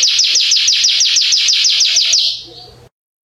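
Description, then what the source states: Belgian canary song: a fast series of many bright, high, evenly repeated notes over about two seconds, then a softer trailing note fading out. Yellow Belgian canary.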